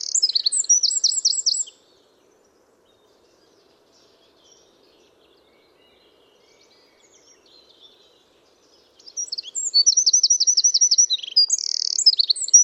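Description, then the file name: Eurasian wren song: two bursts of high, rapid trilling and chattering notes, one at the start and one after about seven seconds of near silence. "Troglodytes troglodytes"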